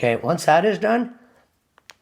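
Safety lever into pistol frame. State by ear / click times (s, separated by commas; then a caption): seated / 1.8 s, 1.9 s. A replacement safety lever is pushed into the frame of a CZ Shadow 2 pistol and seats fully in. Someone talks, then two sharp clicks are heard at 1.8 s and 1.9 s as the lever goes in all the way.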